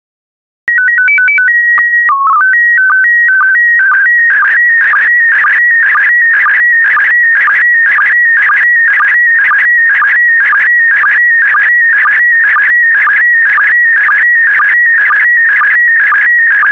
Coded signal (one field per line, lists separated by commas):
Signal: SSTV (slow-scan television)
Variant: PD 120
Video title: 150064 Autumn SSTV PD120